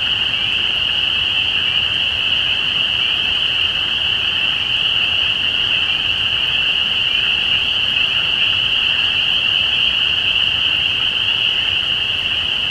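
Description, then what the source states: Many spring peepers calling together, their high piping notes fused into a steady ringing drone. Recorded at Easter 2017.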